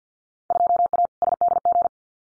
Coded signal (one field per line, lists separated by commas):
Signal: Morse code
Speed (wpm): 50 wpm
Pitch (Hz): 700 Hz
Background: none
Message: 2A SDG